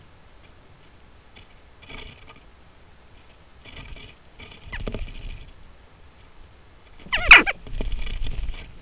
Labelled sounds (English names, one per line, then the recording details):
Western Jackdaw call
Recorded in Germany in the breeding season of 2015
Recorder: a small backpack on a wild male jackdaw